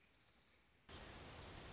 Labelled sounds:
Orange-crowned Warbler

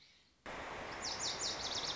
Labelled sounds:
Lazuli Bunting

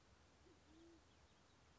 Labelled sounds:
Band-tailed Pigeon

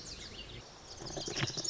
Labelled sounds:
Lazuli Bunting

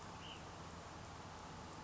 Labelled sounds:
Ash-throated Flycatcher

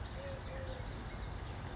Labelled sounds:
Eurasian Collared Dove

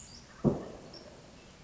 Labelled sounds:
Wild Turkey

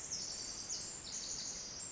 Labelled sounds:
Pacific Wren

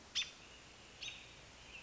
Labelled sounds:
American Robin

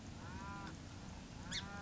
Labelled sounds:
Song Sparrow

